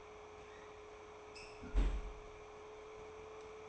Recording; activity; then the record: daily activity, microphone in the room; close fridge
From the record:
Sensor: 1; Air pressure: 1004.6 hPa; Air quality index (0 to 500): 193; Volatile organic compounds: 16 ppm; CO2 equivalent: 2558 ppm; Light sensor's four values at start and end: 4/10/4/4 and 4/10/4/4